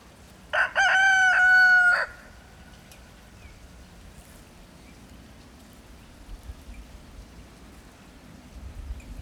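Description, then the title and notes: Chicken: rooster crowing once at the start, a loud rich crow ending in a fading tail, then quiet low background hum. Rooster on a dung heap on an unusually warm winter day with snow lying; Mitterleiten, Aschau im Chiemgau, Germany. "Mitterleiten, 83229 Aschau im Chiemgau, Deutschland - The Rooster and His Chickens. Der Hahn und seine Hühner. Auf dem Misthaufen an einem viel zu warmen Wintertag. Jedoch lag Schnee. Und ein Flugzeug zieht am Himmel vorüber"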